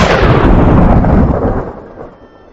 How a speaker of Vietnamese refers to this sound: Từ ai còn chưa nói ra, một tia sét đã bổ từ trên trời xuống. Tóc Sát Thiên Mạch lập tức chĩa ra tứ phía, khét lẹt.